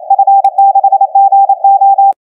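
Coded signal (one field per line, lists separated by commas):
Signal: Morse code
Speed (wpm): 29 wpm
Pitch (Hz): 790 Hz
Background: none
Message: F6GO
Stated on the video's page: Morse received on a Kenwood TS-990 fitted internally with a Colibri NANO SDR receiver and AGC amplifier, giving noise-free listening.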